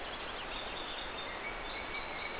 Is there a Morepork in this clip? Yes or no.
no